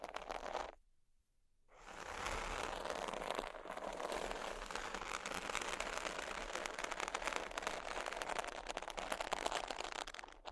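Sheets being scratched and rubbed make a dense, crackling rustle. A short burst opens, then a silence of about a second, then the scratching returns near the two-second mark and continues steadily to the end, busy and bright with many quick ticks throughout.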